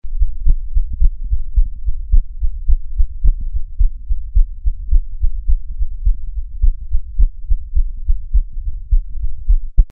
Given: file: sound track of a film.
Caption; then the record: Heart sounds of patient 8 after surgery recorded by the 3M Littmann stethoscope. The murmurs have disappeared.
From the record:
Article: A Low-Cost, Ear-Contactless Electronic Stethoscope Powered by Raspberry Pi for Auscultation of Patients With COVID-19: Prototype Development and Feasibility Study